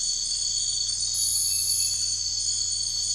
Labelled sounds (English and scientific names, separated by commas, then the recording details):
none
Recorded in dense forest near Puerto Asís, Putumayo, Colombia, on 13 March 2025 at 03:30
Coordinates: 0.484, -76.317
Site G064